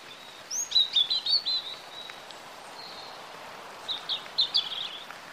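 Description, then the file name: European robin song: two bursts of high, thin, warbling notes with a pause between, over a faint background hiss. "Erithacus rubecula"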